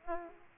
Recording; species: mosquito wingbeat signal from an infrared sensor; Aedes aegypti